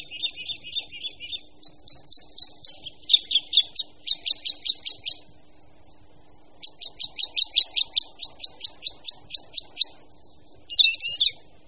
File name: Křivka-obecná